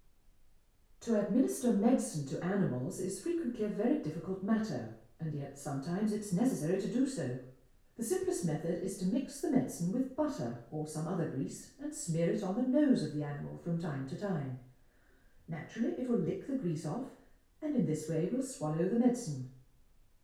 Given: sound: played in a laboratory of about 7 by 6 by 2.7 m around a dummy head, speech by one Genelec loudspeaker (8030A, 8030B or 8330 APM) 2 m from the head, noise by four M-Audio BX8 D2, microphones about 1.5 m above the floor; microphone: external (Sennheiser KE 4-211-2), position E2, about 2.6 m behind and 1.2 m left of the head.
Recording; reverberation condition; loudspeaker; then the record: female speech in English; medium; 150 degrees to the right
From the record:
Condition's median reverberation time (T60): about 510 ms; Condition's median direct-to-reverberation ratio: about -0.5 dB